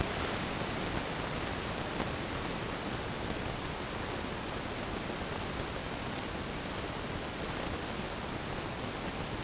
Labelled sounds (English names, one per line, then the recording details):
none
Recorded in dense forest near Puerto Asís, Putumayo, Colombia, on 27 June 2025 at 08:00
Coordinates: 0.503, -76.323
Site G059